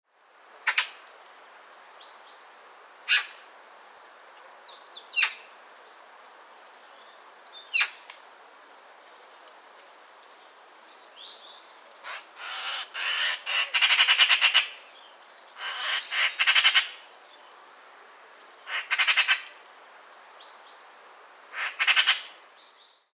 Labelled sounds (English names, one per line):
Eurasian Magpie